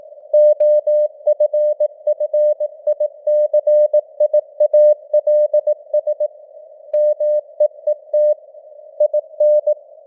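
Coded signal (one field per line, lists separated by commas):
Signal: Morse code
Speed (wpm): 18 wpm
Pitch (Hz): 600 Hz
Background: none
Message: OFFICIALS MEET IN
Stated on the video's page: Simulated Morse news headlines at 18 wpm with simulated radio noise and varying signal strength (QSB).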